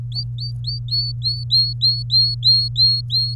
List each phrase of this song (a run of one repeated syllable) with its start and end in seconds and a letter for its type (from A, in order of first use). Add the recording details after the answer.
0.12-3.34 A. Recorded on 23 April 2018 at 15:01. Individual llb3